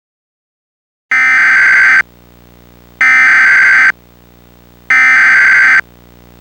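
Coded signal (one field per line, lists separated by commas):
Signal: Emergency Alert System (SAME) tones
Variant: header bursts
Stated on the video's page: Mock EAS alert, imagined rather than real.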